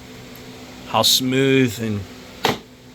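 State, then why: Seated. Someone talks as the aftermarket kickstand on a 2008 WR450F dirt bike frame is flipped into its locked position over a steady low hum. A sharp snap at 2.5 seconds marks the kickstand locking into place smoothly and tightly, with no slop or play.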